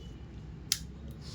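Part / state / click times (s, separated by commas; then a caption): detachable attachment into tool handle / seated / 0.7 s. With the handle closed and both side buttons pressed, a detachable attachment is pushed into the tool handle and seats with a sharp click at 0.7 s. A much fainter tick follows at 1.1 s over low background hum.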